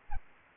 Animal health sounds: mosquito wingbeat signal from an infrared sensor; Aedes aegypti

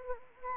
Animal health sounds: mosquito wingbeat signal from an infrared sensor; Anopheles arabiensis

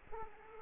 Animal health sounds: mosquito wingbeat signal from an infrared sensor; Culex quinquefasciatus

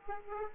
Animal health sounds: mosquito wingbeat signal from an infrared sensor; Aedes aegypti

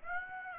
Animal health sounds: mosquito wingbeat signal from an infrared sensor; Aedes aegypti

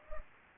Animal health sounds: mosquito wingbeat signal from an infrared sensor; Culex pipiens

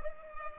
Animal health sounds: mosquito wingbeat signal from an infrared sensor; Culex pipiens

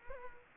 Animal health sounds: mosquito wingbeat signal from an infrared sensor; Culex quinquefasciatus

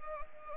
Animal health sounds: mosquito wingbeat signal from an infrared sensor; Anopheles arabiensis

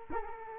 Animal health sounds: mosquito wingbeat signal from an infrared sensor; Culex quinquefasciatus

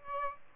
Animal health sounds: mosquito wingbeat signal from an infrared sensor; Aedes albopictus

